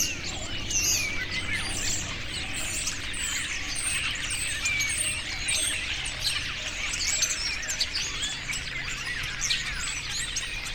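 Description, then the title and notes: Starlings keep up a busy, unbroken chorus of squeaks, buzzy notes and thin whistles from many birds at once, with faint low rumble beneath. Starlings resting together in trees in the afternoon, Alt Empordà. "Estorninos En Alt Empordà. Por la tarde los estorninos descansan en los árboles y como siempre, lo hacen todos juntos"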